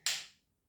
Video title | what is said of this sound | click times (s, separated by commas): Anaphylaxis Emergency First Aid | And then at a distance from the leg, with force, one, two, three, push in till it clicks. | 0.1 s